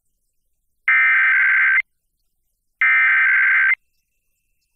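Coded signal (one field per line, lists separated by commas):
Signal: Emergency Alert System (SAME) tones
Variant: header bursts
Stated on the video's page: Weekly test on Hartford K-LOVE FM station, 23 kW, received by SDR.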